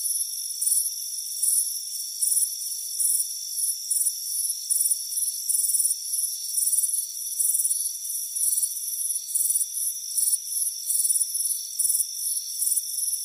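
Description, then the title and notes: Cricket chirps, high and trilled, repeated in bursts under a second apart, over a continuous shrill background hum. "Soothing Crickets Chirping Sound. It's a warm afternoon as you relax in a hammock on the front porch. Relax and fall asleep to the soothing sound of chirping crickets"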